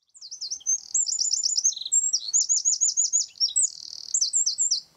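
Bird song: very high, rapid phrases of sharp chirps and trilled zigzag notes, run together in quick bursts over about five seconds.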